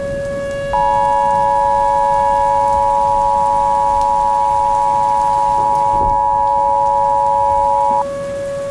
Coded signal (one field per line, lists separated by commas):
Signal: Emergency Alert System (SAME) tones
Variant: 853 and 960 Hz attention tone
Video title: Joke EAS Scenario - thank you for using voicetext